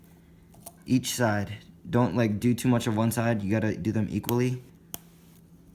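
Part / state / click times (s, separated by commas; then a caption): zip tie tail into its ratchet head / seated / 4.9 s. Someone talks while a plastic zip tie is pulled tighter around the frame of a tri-fidget spinner, its tail feeding into the ratchet head, two clicks at a time. A sharp ratchet tick sounds at 4.9 s as the tie clicks tighter and seats.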